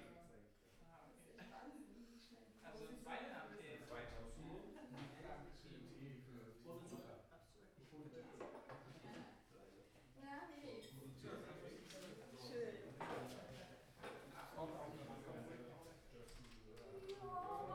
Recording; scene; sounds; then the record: everyday scene through a hearing-aid microphone; many people talking; many voices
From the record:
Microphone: behind the ear, right, rear